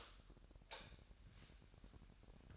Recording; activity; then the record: daily activity, microphone in the room; light off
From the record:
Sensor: 2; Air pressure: 1011.8 hPa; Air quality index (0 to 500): 216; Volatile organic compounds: 3 ppm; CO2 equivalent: 1518 ppm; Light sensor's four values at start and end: 16/45/18/18 and 12/27/12/12